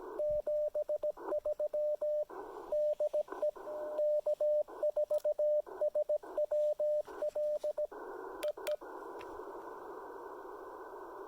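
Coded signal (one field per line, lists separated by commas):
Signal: Morse code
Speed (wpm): 17 wpm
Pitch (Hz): 600 Hz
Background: radio noise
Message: 73 DE K4SWL EE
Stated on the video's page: State park activation with Icom IC-705 and EFT-MTR end-fed antenna.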